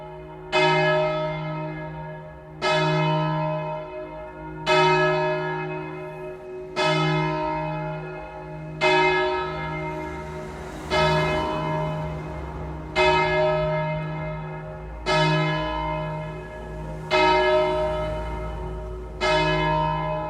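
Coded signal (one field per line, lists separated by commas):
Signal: bell signal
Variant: single swinging bell (distesa)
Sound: a single large church bell swinging, striking about every two seconds, ringing on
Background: low background hum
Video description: Segnale orario (composto da ritornello dell'Ave Maria di Lourdes e battiore) e Distesa del Mi♭³ come Angelus feriale delle ore 12.00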